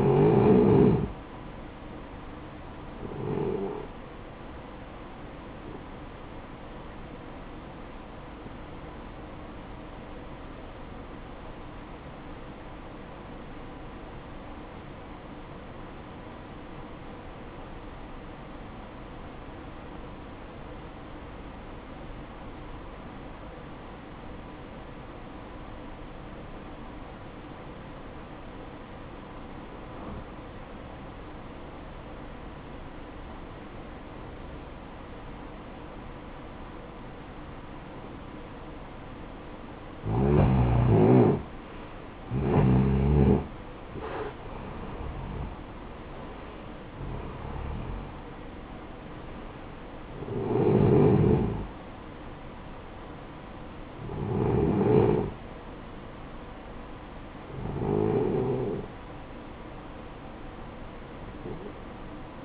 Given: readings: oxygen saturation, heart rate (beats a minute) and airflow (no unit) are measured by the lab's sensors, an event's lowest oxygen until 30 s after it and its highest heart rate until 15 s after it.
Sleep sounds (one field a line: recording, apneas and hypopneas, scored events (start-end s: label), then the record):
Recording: breathing in sleep by a voice recorder at the bedside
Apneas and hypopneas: 1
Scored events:
9.00-40.50 s: obstructive apnea (N1, oxygen 95% highest, then 86% lowest, heart rate 58 at the start, 68 highest)
From the record:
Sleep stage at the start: N1 (lightest sleep)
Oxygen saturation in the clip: 87 to 95%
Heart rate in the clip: 55 to 68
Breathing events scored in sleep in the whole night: 573 in 9.8 hours asleep